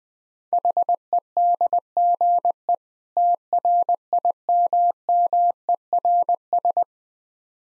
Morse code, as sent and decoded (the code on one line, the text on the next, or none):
.... . -.. --. . / - .-. .. -- -- . .-. ...
HEDGE TRIMMERS